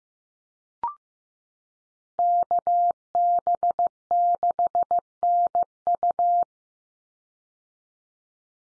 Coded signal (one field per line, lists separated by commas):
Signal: Morse code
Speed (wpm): 15 wpm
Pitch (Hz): 700 Hz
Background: none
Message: KB6NU